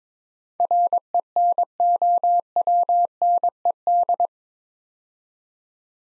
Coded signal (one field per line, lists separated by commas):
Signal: Morse code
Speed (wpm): 22 wpm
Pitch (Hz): 700 Hz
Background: none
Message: RENOWNED